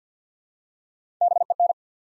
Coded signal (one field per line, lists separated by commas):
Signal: Morse code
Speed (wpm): 50 wpm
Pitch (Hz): 700 Hz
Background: none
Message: BEN